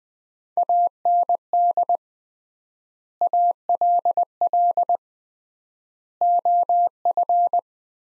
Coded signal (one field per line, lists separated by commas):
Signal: Morse code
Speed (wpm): 20 wpm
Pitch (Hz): 700 Hz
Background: none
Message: AND ALL OF